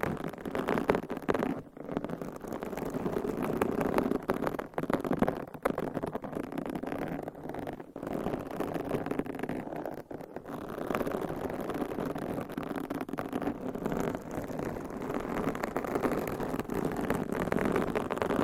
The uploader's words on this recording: Mic Scratching - Brain Scratching with DIFFERENT MICS Covers & Nails. No Talking.